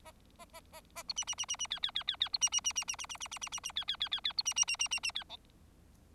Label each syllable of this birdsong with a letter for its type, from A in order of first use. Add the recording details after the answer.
A A A A A B C C C C C D D D D D B C C C C C C C C C C C C D D D D D B C C C C C C D E. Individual Bird4